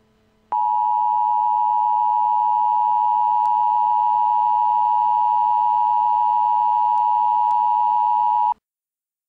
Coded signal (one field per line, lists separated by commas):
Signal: Emergency Alert System (SAME) tones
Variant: 853 and 960 Hz attention tone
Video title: Blizzard Warning: Fargo, ND (3/30/14)